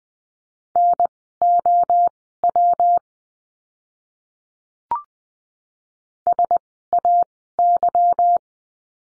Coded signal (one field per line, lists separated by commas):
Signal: Morse code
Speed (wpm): 20 wpm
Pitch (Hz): 700 Hz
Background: none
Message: NOW SAY